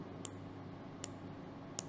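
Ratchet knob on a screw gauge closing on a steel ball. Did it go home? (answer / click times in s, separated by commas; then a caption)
yes / 0.2 s, 1.0 s, 1.8 s. The ratchet knob of a screw gauge is turned to tighten the screw onto a second steel ball placed in it. Three short, sharp ratchet clicks sound at 0.3, 1.0 and 1.8 seconds over a steady low background hum. The clicks confirm the screw has closed on the ball.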